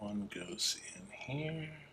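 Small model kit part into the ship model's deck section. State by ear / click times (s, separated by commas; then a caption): not seated / none. Small plastic parts of a 1:200 scale Titanic model kit are being handled for pushing into their mounting points on the forecastle deck section. Someone talks over faint handling noise. Nothing has seated or clicked yet.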